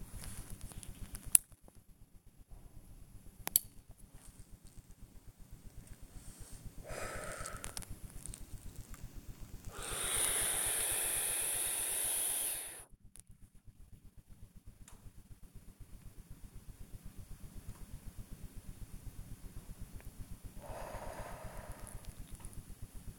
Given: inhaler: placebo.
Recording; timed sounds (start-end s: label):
one use of a dry powder inhaler by a smartwatch
0.48-1.56 s: inhaler activation
6.67-7.96 s: exhalation
9.59-12.99 s: inhalation
20.50-22.36 s: exhalation